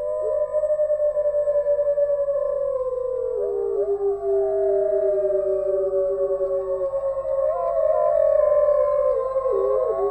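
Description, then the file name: Wolf: several wolves give long, level howls that overlap, one voice dropping lower and others wavering upward toward the end. "Sound Effects Factory - Wolfs Howling"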